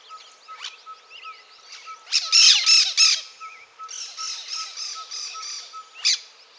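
Cactus parakeet calls: harsh, grating squawks given in quick rhythmic series, with a loud burst in the middle and a steady thin tone running underneath.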